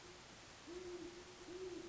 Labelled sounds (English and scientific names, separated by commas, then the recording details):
Great Horned Owl (Bubo virginianus)
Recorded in Sonoma County, California